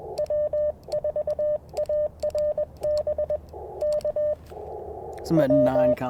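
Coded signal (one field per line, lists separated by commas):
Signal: Morse code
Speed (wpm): 21 wpm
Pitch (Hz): 590 Hz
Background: speech, radio noise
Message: W4ARB K W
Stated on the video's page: QRP CW Parks on the Air activation sent with Bamatech TP-III paddles, Icom IC-705 and AlexLoop magnetic loop antenna.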